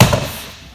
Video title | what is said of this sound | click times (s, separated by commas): Cobalt R3 Surf - 2018 - Futrell Marine - Presented by Lee Campbell | transom seat if it clicks into place and now you can sit down you | 0.0 s